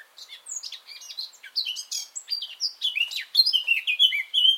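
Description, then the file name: Eurasian blackcap song: a fast, varied warble of scratchy and clearer notes that grows louder and more fluent toward the end, with no other sounds. "Sylvia atricapilla"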